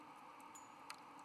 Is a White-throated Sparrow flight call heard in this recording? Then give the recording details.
no. No flight call is heard. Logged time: 01:30 on 17 November 2014